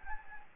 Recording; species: mosquito wingbeat signal from an infrared sensor; Anopheles gambiae